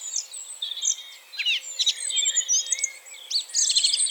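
Bird song: thin high whistles and sharp chirps, with a steady faint hiss behind them.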